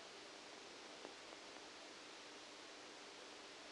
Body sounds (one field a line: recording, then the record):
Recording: brain microelectrode recording played as sound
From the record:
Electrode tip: outside the subthalamic nucleus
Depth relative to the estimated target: 7 mm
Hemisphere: left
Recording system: NeuroSet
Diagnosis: Parkinson's disease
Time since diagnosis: 8 years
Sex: male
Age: 65 years